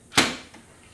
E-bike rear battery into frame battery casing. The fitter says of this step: And push. You hear that click, it locks itself in.